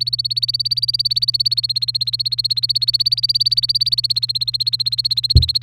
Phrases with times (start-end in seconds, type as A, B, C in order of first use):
0.00-5.62 A